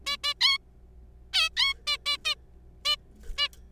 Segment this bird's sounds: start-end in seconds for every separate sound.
0.06-0.17, 0.24-0.33, 0.41-0.57, 1.33-1.49, 1.57-1.74, 1.87-1.97, 2.06-2.17, 2.25-2.35, 2.85-2.96, 3.38-3.48